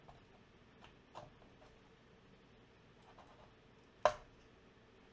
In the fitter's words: Alright, you should hear a click.